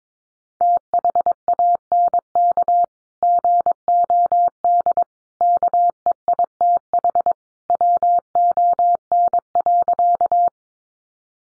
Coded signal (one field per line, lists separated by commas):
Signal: Morse code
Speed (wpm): 22 wpm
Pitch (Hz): 700 Hz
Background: none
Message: THANK GOD KEITH WON.